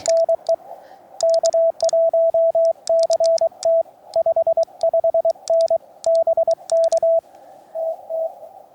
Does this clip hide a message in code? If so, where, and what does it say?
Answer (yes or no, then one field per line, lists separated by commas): yes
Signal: Morse code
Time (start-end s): 0.1-8.3 s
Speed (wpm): 23 wpm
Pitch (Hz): 660 Hz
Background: radio noise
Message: NE K1CT 55N BK TT